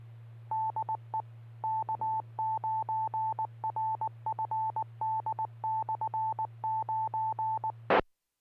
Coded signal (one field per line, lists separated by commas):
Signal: Morse code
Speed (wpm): 19 wpm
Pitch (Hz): 880 Hz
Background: none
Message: DE K9RFD/9E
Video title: Friday Night Fun Net | Amateur Radio Worldwide Live Stream Radio | KD9MED